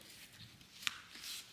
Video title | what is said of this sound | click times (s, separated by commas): How To Install TNT Pouch™ As A Dangler, MOLLE Mounted Pouch, Or On A Back Panel | and you should actually hear an audible click and then it should not come out | 0.9 s